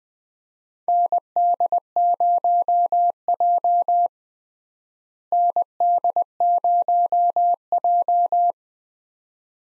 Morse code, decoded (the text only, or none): ND0J ND0J